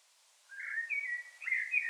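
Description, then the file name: Common blackbird: a single smooth fluted whistle phrase, rising and falling, starting after a brief hush. "Turdus merula"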